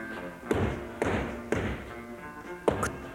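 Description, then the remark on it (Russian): Several dull, heavy knocks on a train compartment door at night, spaced irregularly with short pauses between them, each a deep thud that quickly dies away into a low background hum. “Стук в дверь.”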